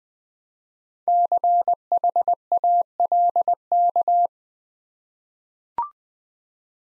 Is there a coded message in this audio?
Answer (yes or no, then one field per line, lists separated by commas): yes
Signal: Morse code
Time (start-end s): 1.1-4.3 s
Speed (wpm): 20 wpm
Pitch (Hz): 700 Hz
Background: none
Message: CHALK